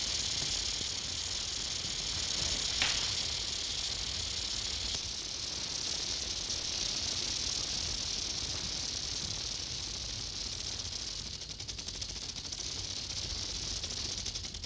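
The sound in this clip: Rattlesnake rattle, a continuous high dry buzz held for the whole stretch, over low background rumble.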